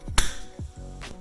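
A plastic cover cap is pressed back onto the rear wiper arm pivot of a 2008 Prius, clipping on with a sharp snap at 0.2 s. A few softer knocks follow. The cap is checked afterward and seems secure, so it is seated.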